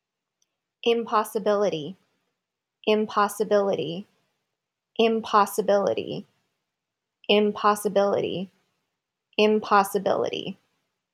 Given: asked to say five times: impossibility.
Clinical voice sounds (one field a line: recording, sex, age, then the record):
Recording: repeated word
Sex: female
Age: 40 to 49 years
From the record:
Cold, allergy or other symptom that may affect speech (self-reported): no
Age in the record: 45 years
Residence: California, United States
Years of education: 13